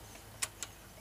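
The metal quick-release lock on a friction-drive bicycle engine mount on the bicycle frame is released, letting the drive roller swing up off the tire. Two sharp ticks are heard at 0.4 s and 0.6 s over a quiet, low background hum. The quick release is open and the roller is up.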